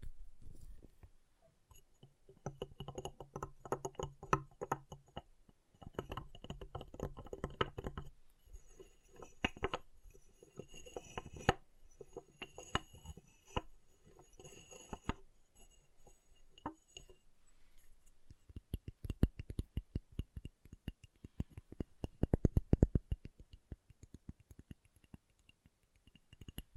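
Chalk being carved and cut, with dense bursts of scraping and quick ticks in the first eight seconds, then sparser strokes and pauses. Around twenty to twenty-four seconds a rapid run of sharp clicks grows loudest before trailing off into scattered taps.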